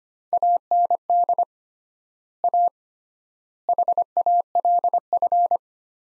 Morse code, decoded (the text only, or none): AND A HALF